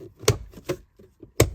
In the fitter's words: So go ahead and snap this into place.